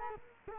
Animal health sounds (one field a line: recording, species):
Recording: mosquito wingbeat signal from an infrared sensor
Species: Culex quinquefasciatus